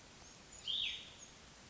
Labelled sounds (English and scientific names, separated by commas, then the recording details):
Cassin's Vireo (Vireo cassinii)
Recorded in Sonoma County, California